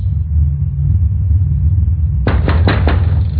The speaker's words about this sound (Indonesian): seseorang mengetuk jendela kamarku dengan jarinya. Hah? Siapa tuh? Gumamku. Suara itu cukup keras ku dengar. Hingga aku penasaran sekali melihat siapa yang mengetuk jendelaku malam-malam begini.